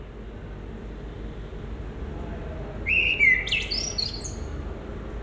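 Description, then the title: Common blackbird giving a single short song phrase: a fluty warble followed by a high squeaky flourish, set against steady low background noise. Recorded in the Marolles district of Brussels, Belgium, by a residence building; Sony PCM-M10 recorder with binaural microphones, meant for headphone listening. "Marolles, 1000 Bruxelles, Belgique - Résidence Sainte-Gertrude - Merle - Blackbird"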